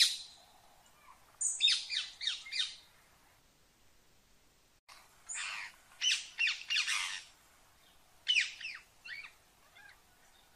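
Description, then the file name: Rose-ringed parakeet producing runs of shrill, harsh squawks in several bursts with quiet pauses between them. "Canto do periquito indiano"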